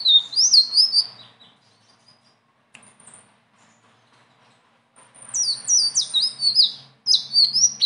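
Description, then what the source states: Leafbird song: rapid high whistled phrases with sharp downward slurs, a burst at the start, a long pause, then a denser run of varied notes near the end. Bird singing persistently (gacor) with rolling phrases (ngeroll) and fill-in phrases (isian); training song (masteran).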